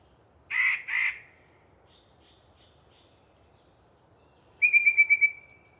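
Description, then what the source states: Yellow-breasted chat song: two harsh, throaty notes, a pause with faint soft notes, then a quick run of clear piping notes. Long pre-dawn singing session by one very vocal bird in deciduous cover.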